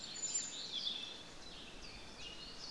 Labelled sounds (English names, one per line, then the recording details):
Common Chiffchaff
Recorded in Germany
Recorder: ecoPi